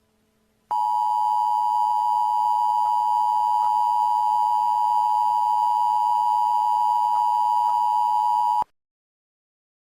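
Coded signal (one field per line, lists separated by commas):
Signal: Emergency Alert System (SAME) tones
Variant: 853 and 960 Hz attention tone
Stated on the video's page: Fictional EAS scenario alert.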